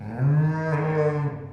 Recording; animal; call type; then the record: contact call of a hoofed animal; sheep; low-frequency (closed-mouth) or high-frequency (open-mouth) call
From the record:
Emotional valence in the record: negative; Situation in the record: short social isolation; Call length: 1.53 s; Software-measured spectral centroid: 980 Hz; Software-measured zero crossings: 700 a second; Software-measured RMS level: -23 dBFS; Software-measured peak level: -12 dBFS